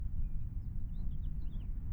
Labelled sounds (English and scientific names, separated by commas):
House Finch (Haemorhous mexicanus) song